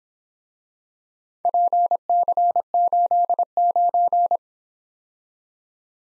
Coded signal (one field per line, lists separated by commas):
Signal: Morse code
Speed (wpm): 26 wpm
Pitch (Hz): 700 Hz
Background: none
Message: PC89